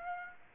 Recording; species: mosquito wingbeat signal from an infrared sensor; Aedes aegypti